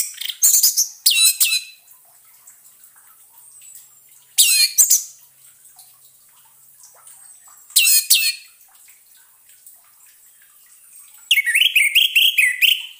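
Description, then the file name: Orange-headed thrush delivering several short bursts of high, scratchy twitters and whistles, ending with a longer run of clear, slurred notes. Therapy sound meant to restart singing in an orange-headed thrush (anis merah) that has stopped singing (macet bunyi). "terapi suara anis merah macet bunyi"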